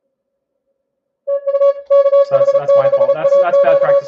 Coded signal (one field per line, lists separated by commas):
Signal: Morse code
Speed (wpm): 34 wpm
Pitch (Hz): 560 Hz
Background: music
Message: TU KH6AQ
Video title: ARRL Inter. DX Contest, CW